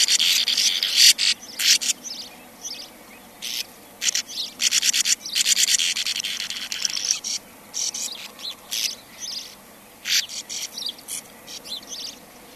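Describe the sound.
Sand martin uttering rough, buzzy twittering calls in irregular bursts, some rapid stuttered series, with short quiet gaps between groups of notes.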